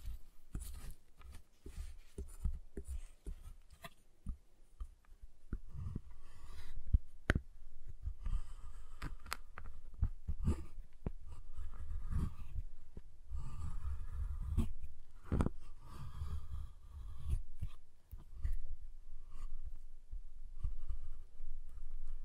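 Someone taps, cuts and snaps a giant chocolate bar in irregular bursts of sharp clicks and cracks over a low, steady rumble.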